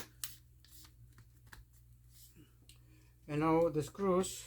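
Plastic and metal retaining clips on a MacBook Air bottom case are pressed in from both sides during reassembly after a battery replacement, giving a sharp snap at 0.2 s followed by a few faint ticks. The clips seat into the case, and someone talks at the end.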